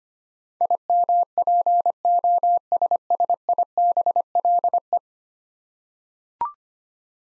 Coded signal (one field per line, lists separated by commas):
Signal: Morse code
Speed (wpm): 25 wpm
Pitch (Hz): 700 Hz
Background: none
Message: IMPOSSIBLE